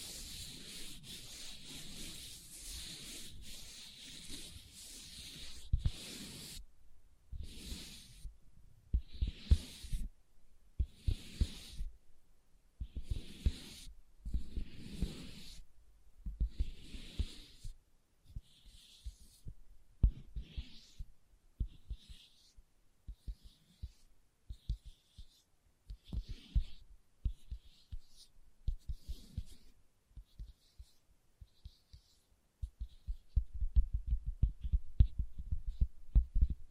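Leather is tapped and scratched in uneven bursts, with dense rubbing for the first few seconds, then spaced strokes that thin out and return.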